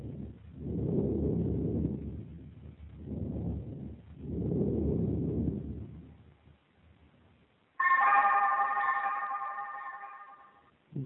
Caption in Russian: У больного хроническим абсцессом левого легкого в фазе ремиссии. В проекции полости вы услышите амфорическое дыхание. В левой аксиллярной области. Только патологическое бронхиальное дыхание без побочных дыхательных шумов.